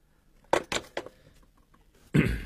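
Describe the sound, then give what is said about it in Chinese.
Three sharp knocks on a door in a quick, slightly uneven rhythm, followed after a pause by a louder, longer thud-like rustle. No one speaks. “哦，好了，不能聊了，有人敲门，改日再见。”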